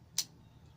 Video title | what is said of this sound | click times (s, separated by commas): Traditions St. Louis Hawkin overview | heard that click that just puts puts the trigger into like a hair-trigger mode | 0.2 s